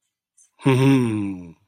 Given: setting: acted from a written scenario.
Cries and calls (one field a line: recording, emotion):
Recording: vocal sound without words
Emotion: adoration